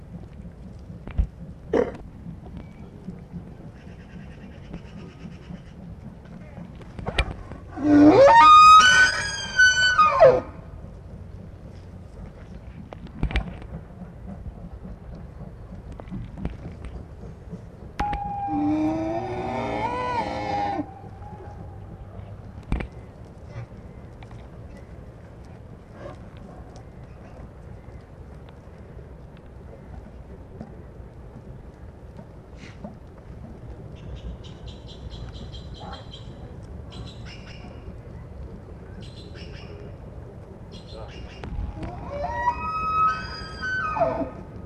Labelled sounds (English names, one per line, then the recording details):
Wapiti rut call
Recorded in captivity
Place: Tierpark Berlin, Berlin, DE
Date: 1965-09-22 17:00
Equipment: Grundig TK 1 Luxus, Transistorverstärker 1, GDM
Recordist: Tembrock, Günter